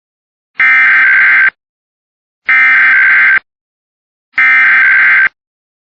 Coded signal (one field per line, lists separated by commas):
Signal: Emergency Alert System (SAME) tones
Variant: header bursts